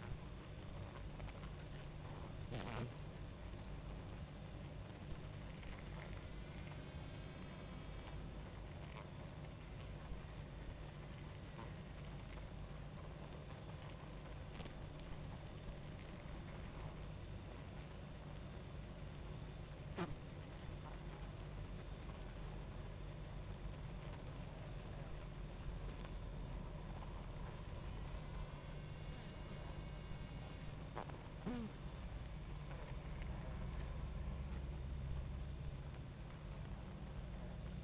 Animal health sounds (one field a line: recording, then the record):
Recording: honeybee colony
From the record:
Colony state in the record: active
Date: 28 July 2017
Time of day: 21:33